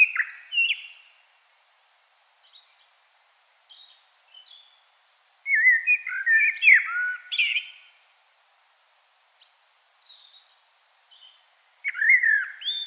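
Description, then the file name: Common blackbird delivering short mellow whistled phrases with squeaky high flourishes, broken by pauses holding faint thin notes, then a final warble near the end. "Turdus merula"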